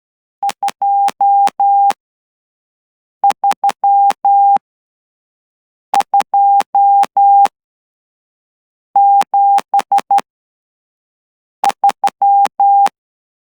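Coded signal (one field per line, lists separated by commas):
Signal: Morse code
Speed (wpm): 12 wpm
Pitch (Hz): 800 Hz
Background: none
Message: 23273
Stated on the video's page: 12 WPM straight key sending practice for an amateur Morse exam, letters and numbers in 15 groups, using DAFCON SK-600 and another straight key through a CW player interface.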